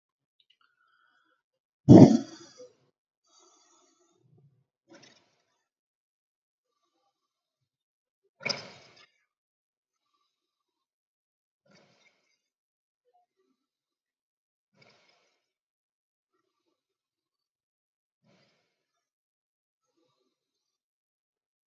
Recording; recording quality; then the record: deep breathing; excellent, no background noise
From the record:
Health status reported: healthy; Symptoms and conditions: none ticked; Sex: male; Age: 36 years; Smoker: not ticked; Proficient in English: yes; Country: India